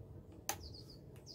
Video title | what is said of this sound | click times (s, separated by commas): Singer 319w Sewing Machine- Final Test and How-to | make sure that it clicks into place so | 0.5 s